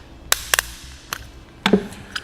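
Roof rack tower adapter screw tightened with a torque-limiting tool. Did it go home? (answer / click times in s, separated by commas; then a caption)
yes / 0.3 s, 1.1 s, 1.7 s. The center screw of a Yakima roof rack round-bar tower adapter, for a 2018 Mitsubishi Outlander Sport, is tightened with the included torque-limiting tightening tool until it gives two or three audible clicks. Sharp clicks ring out at 0.3, 1.1 and 1.7 s, with other brief ticks around 0.5, 0.6 and 2.2 s. The tool clicks at its set torque, showing the screw is tightened down.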